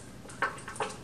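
A plastic caster wheel is pushed down into its socket on the plastic rolling mover base of a vertical planter. It pops into place with a sharp click at 0.4 s, followed by two softer knocks around 0.7 and 0.8 s. The wheel is seated.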